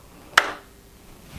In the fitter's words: And again, you should hear it snap into place.